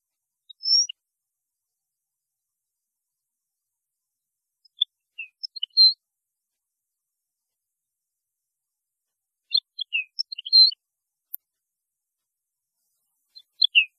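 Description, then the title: European goldfinch song, short high tinkling chirps in brief clusters spaced several seconds apart, otherwise quiet. "Chant Chardonneret"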